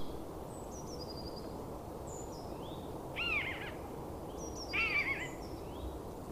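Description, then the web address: Eurasian jay calls: two harsh, downward-slurred notes with strong overtones, about a second and a half apart, over steady background hiss and faint high bird whistles. "agykontroll Madardalok Cd 2. Szajkó"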